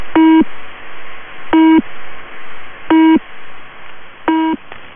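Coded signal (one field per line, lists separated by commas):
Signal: channel marker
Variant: UVB-76 Low Pip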